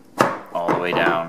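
A BaseLayer center console organizer's plastic divider pieces are lined up with the front-to-back piece and pushed down into the center console tray of a Ford F-250/F-350 with a 40/20/40 seat. A sharp knock at 0.2 s marks the dividers bottoming out and seating, followed by someone talking.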